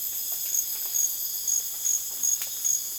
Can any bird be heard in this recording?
no